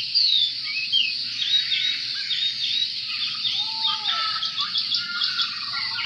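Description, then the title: Oriental magpie-robin singing a varied run of sharp chirps and trills, with a few lower whistled arcs near the end. "Kicau Kacer"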